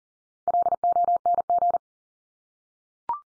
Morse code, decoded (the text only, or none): LONG